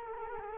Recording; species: mosquito wingbeat signal from an infrared sensor; Culex quinquefasciatus